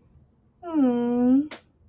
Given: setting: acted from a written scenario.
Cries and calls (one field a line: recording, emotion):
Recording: vocal sound without words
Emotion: sympathy